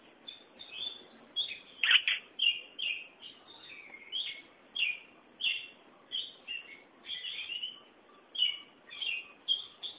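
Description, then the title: Oriental magpie-robin song: a steady run of short, bright whistled and chirping phrases, each a fraction of a second, following one another with brief pauses. Chirping song (kicauan) of the bird. "Suara Kicauan Burung Kacer Durasi Panjang"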